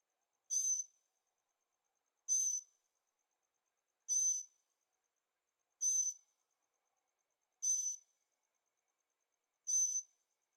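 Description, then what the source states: Bird calls: six brief, high, rasping notes repeated roughly every two seconds, evenly spaced, with a faint continuous high tone beneath. Birds singing at night in Carefree, Arizona; recorded in stereo on a Zoom H6.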